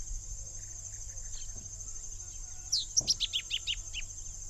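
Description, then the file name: Masked yellowthroat gives a short rapid phrase of clear downslurred notes, roughly seven in a row, against a constant shrill insect hum. "Geothlypisaequinoctialis"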